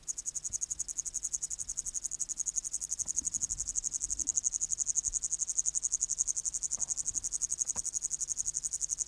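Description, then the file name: Upland green bush-cricket song: an unbroken, piercing high buzz of quick pulses, with a few faint clicks and low knocks in the background. "Tettigonia cantans"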